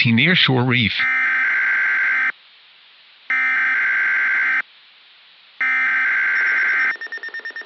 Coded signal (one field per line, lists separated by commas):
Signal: Emergency Alert System (SAME) tones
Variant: header bursts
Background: speech